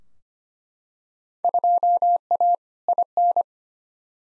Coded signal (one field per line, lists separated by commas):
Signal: Morse code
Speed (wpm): 25 wpm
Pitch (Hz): 700 Hz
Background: none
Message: 2A IN